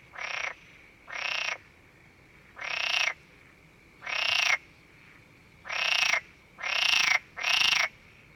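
Frog calling with seven rasping croaks, each about half a second long, spaced a second or more apart over a thin constant high tone.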